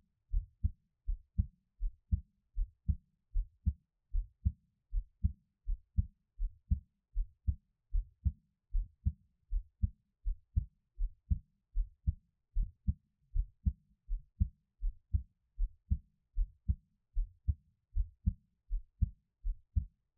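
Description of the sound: Steady, paired low thumps at about 77 beats a minute in near silence: a regular adult heartbeat, the person's own heartbeat recorded close up, with no talking.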